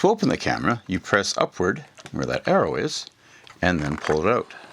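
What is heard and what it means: Someone talks while handling a 1965 Polaroid Automatic 104 Land Camera, a vintage folding instant camera, preparing to press upward at the arrow and pull out the folding lens standard and bellows, which lock when fully extended. Nothing has seated or clicked yet.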